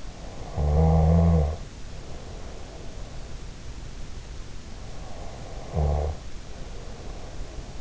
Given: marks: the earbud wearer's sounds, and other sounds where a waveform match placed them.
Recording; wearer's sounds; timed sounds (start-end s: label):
sounds in sleep by an in-ear microphone; snoring breath
0.22-3.06 s: snoring breath
5.01-7.81 s: snoring breath